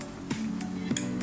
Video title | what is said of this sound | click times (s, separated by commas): mBot Tutorial 02 - Merakit mBot (mBot Assembly) | kita dorong sampai bunyi klik. | 1.0 s